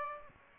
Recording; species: mosquito wingbeat signal from an infrared sensor; Aedes aegypti